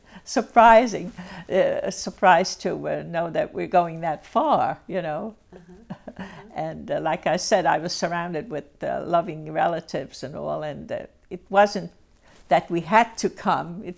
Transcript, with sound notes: surprising. Surprised to know that we're going that far, you know. (she laughs) And, like I said, I was surrounded with loving relatives and all and it wasn't that we had to come;